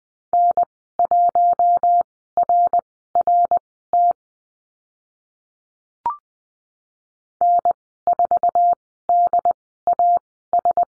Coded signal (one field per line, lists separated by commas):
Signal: Morse code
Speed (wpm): 20 wpm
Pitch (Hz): 700 Hz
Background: none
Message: N1RRT N4DAS